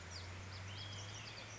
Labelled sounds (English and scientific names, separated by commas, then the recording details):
Olive-sided Flycatcher (Contopus cooperi)
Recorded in Sonoma County, California